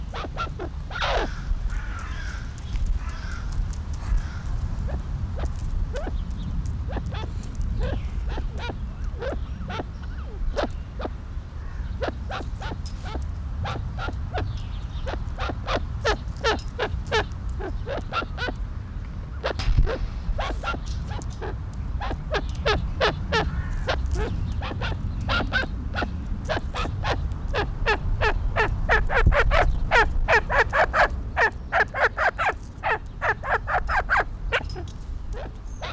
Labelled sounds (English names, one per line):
Arabian Partridge call